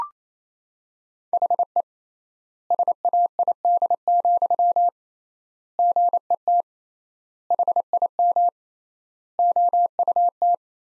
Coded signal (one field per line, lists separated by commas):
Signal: Morse code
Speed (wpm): 27 wpm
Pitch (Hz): 700 Hz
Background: none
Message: HE SAID, GET HIM OUT